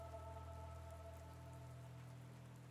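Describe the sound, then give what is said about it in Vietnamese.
Heavy rain pours down at night in a steady, unbroken hiss, with a low continuous hum beneath it and no voices. “Mưa lớn thế này trở về cũng không an toàn, đường vừa lầy lội vừa khó đi, gió lạnh dễ nhiễm phong hàn lắm đó.”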